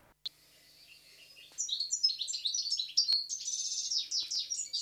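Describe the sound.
European goldfinch song, a fast liquid twittering of high tinkling notes that continues to the end.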